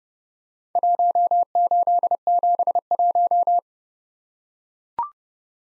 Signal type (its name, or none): Morse code